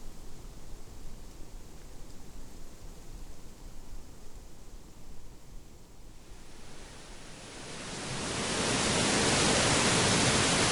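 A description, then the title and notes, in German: Leaves of maple and birch rustle in the wind. For the first seven seconds the sound is quiet, a soft low rumble with faint hiss, then a gust swells around eight seconds into a loud, dense, bright rush of leaves that holds steady to the end. Blätterrauschen – Ahorn und Birke.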